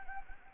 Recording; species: mosquito wingbeat signal from an infrared sensor; Anopheles gambiae